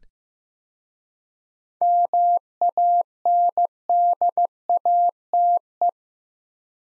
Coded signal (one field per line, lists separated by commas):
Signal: Morse code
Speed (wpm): 15 wpm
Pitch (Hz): 700 Hz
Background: none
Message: MANDATE